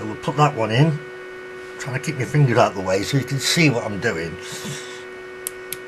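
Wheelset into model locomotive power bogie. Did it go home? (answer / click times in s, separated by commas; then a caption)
yes / 5.5 s, 5.7 s. Someone talks while pushing the second wheelset into the power bogie frame of a Hornby Triang R351/R352/R357/R751/R758 model locomotive, fingers kept out of the way so the work stays visible, over a steady low hum. Two short, sharp clicks at 5.5 s and 5.7 s mark the wheelset seating in place.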